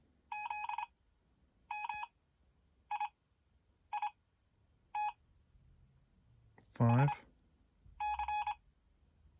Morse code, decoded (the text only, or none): ZMIIT SC